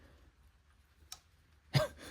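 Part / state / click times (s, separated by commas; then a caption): broken-tab wiring connector onto ignition coil pack / seated / 1.1 s. A wiring connector with a broken plastic lock tab is pushed onto an ignition coil pack, giving only a faint, short click at 1.1 s. A louder broadband burst follows near 1.8 s with low background hum throughout. The damaged connector seats, and the weak click is accepted as good enough.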